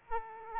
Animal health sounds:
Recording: mosquito wingbeat signal from an infrared sensor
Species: Aedes aegypti

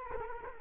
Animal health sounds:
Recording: mosquito wingbeat signal from an infrared sensor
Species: Culex quinquefasciatus

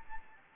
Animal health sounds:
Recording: mosquito wingbeat signal from an infrared sensor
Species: Anopheles gambiae

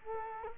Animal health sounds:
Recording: mosquito wingbeat signal from an infrared sensor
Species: Culex quinquefasciatus

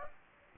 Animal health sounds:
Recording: mosquito wingbeat signal from an infrared sensor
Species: Aedes aegypti

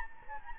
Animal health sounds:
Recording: mosquito wingbeat signal from an infrared sensor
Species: Anopheles gambiae

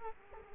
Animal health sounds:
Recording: mosquito wingbeat signal from an infrared sensor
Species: Culex quinquefasciatus

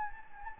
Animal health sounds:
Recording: mosquito wingbeat signal from an infrared sensor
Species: Anopheles gambiae

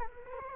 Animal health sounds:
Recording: mosquito wingbeat signal from an infrared sensor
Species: Culex quinquefasciatus

